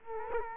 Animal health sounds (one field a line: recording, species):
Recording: mosquito wingbeat signal from an infrared sensor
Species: Culex quinquefasciatus